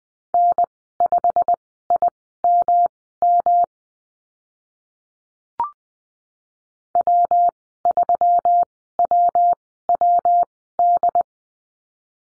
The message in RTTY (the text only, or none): none